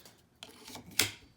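On a 2011 Jeep Grand Cherokee, the plastic snap-on cover is pressed back onto the rear wiper arm after the new blade is installed. A faint rubbing and a softer tick near 0.4 s lead to a sharp, bright click at 1.0 s as the cover snaps into place and is seated.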